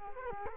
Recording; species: mosquito wingbeat signal from an infrared sensor; Culex quinquefasciatus